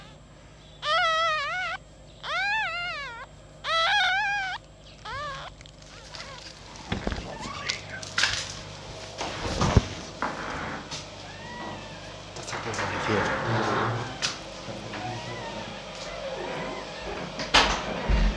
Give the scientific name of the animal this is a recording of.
Vulpes vulpes